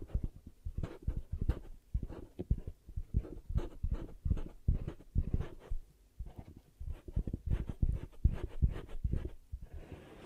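Ear cupping sounds: rapid, muffled thumps and soft pressing pulses repeat densely through the whole clip, each with a low, padded boom and a brief rustly top. The rhythm is quick but uneven, with short pauses near the six-second mark and a brighter hiss at the end.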